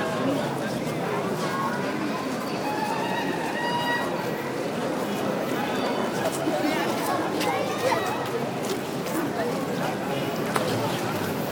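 An evening walk through Cairo, with a steady, dense crowd of overlapping voices filling the whole twelve seconds. Chatter and calls rise and fall without pause, and a few sharp clicks and knocks break through now and then, especially near the end.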